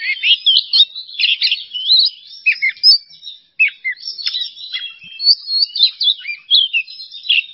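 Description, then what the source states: Oriental magpie-robin song of dense, high, twittering and whistled phrases, delivered almost continuously with brief pauses. Masteran training recording for songbirds; song style called "bongkar isian", with the bird in an excited ("emosi") state.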